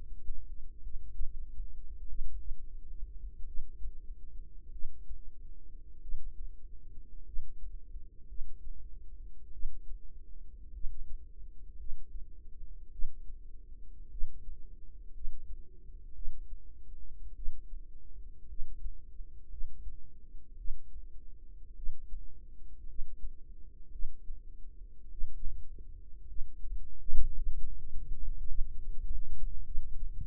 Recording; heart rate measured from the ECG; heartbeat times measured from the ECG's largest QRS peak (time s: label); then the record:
heart sounds by microphone in the right ear; 52 bpm
0.82 s: heartbeat
2.08 s: heartbeat
3.45 s: heartbeat
4.71 s: heartbeat
6.00 s: heartbeat
7.24 s: heartbeat
8.27 s: heartbeat
9.52 s: heartbeat
10.72 s: heartbeat
11.77 s: heartbeat
12.90 s: heartbeat
14.09 s: heartbeat
15.12 s: heartbeat
16.13 s: heartbeat
17.34 s: heartbeat
18.47 s: heartbeat
19.49 s: heartbeat
20.56 s: heartbeat
21.74 s: heartbeat
22.86 s: heartbeat
23.90 s: heartbeat
25.09 s: heartbeat
26.26 s: heartbeat
27.34 s: heartbeat
28.47 s: heartbeat
29.64 s: heartbeat
From the record:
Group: healthy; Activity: rest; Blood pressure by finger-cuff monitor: 90/52 mmHg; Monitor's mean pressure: 63 mmHg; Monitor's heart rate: 52 bpm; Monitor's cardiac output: 4.7 L/min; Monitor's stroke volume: 88 mL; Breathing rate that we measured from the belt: 16 breaths a minute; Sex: female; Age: 36 years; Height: 163 cm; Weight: 88 kg